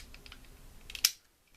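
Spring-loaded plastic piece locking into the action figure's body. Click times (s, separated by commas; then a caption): 1.0 s. A spring-loaded plastic piece on a Transformers Masterpiece Grimlock action figure is folded up and rotated into the body during transformation, with a few light plastic ticks around 0.1–0.3 s and 0.9–0.95 s. A loud, sharp click at 1.05 s marks the piece locking into place, followed by near silence.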